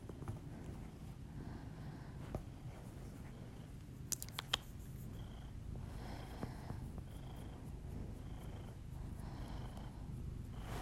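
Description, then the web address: Cat purring, a quieter low rumble under heavy breathing, with a few sharp clicks around the middle and faint whistling breaths later. Pet cat purring, recorded alongside the owner's heavy breathing as ASMR audio. "Miss Because. Just Purrs [ASMR][Literally just my cat purring and my heavy breathing]"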